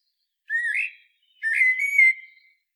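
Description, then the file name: Common blackbird song: two fluty whistled phrases, the first rising slightly, the second longer and warbling before trailing off, with faint higher notes above. "Turdus merula"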